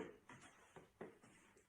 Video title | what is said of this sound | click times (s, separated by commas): Professional Webinar: How to implement a Dermalux Flex At-Home Rental Program | simply just slide this in until it clicks at the bottom | 1.0 s